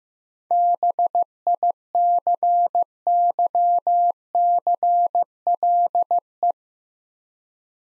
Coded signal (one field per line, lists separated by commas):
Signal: Morse code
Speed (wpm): 15 wpm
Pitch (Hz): 700 Hz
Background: none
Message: BICYCLE